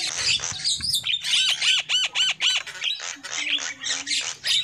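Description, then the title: Lovebird calls: a quick run of arched, squeaky notes, then scratchy shrill chatter, over a low background hum. Lure call used for trapping lovebirds. "PIKAT BURUNG LOVEBIRD"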